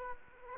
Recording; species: mosquito wingbeat signal from an infrared sensor; Aedes aegypti